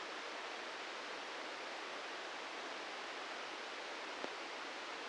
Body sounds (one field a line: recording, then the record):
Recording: brain microelectrode recording played as sound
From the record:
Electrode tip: inside the subthalamic nucleus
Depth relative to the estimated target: 0 mm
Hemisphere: right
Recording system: NeuroSet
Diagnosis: Parkinson's disease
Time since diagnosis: 13 years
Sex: male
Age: 63 years